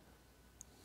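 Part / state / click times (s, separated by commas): rubber retaining stopper on M.2 slot in enclosure / released / 0.6 s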